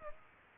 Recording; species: mosquito wingbeat signal from an infrared sensor; Aedes aegypti